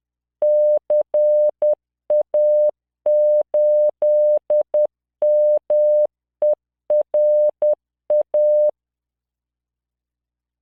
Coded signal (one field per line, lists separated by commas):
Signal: Morse code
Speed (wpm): 10 wpm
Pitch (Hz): 600 Hz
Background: none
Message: CA8MERA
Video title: tamanのモールス練習動画45（モールス信号 速度10WPM morse code)